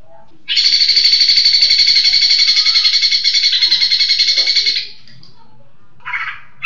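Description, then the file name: Leafbird song: a loud, fast rattling trill of rapidly repeated high notes lasting about four seconds, then a pause and a brief second burst. Song in the tembakan style, labelled cililinan. "cucak ijo tembakan cililinan"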